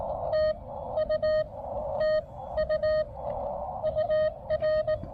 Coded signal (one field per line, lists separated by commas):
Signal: Morse code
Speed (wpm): 16 wpm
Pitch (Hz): 590 Hz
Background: none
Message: TU TU UR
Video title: Join Brooks on his First CW POTA Activation!